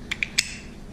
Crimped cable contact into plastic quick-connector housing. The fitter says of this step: that little bump you got to you got a catch on the bottom inside there which going to catch a little tab inside there so once we push everything in it locks in place